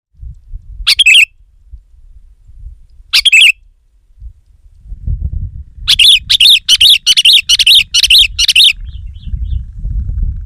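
Sooty-headed bulbul singing: two isolated chirps, then a rapid run of several bubbly notes, with low rumbling background noise.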